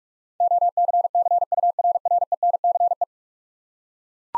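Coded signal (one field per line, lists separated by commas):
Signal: Morse code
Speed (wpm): 41 wpm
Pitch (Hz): 700 Hz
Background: none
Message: OCCURRENCE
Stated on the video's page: Head-copy drill of ten-letter words at 45 wpm, each word sent in Morse, spoken, then sent again.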